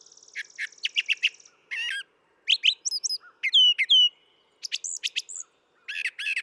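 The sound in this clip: Brown thrasher song with a rapid high trill, then varied harsh and whistled phrases, some sliding down, in quick succession.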